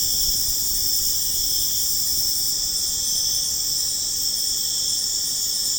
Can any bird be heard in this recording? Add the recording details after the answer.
no. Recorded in pastures near Puerto Asís, Putumayo, Colombia, on 25 June 2025 at 22:00. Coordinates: 0.496, -76.326. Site GP01